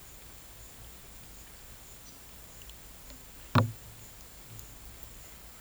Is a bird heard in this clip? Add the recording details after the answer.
no. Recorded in pastures near Puerto Asís, Putumayo, Colombia, on 26 December 2024 at 12:30. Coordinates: 0.472, -76.329. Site G072